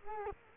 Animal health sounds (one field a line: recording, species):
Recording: mosquito wingbeat signal from an infrared sensor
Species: Culex quinquefasciatus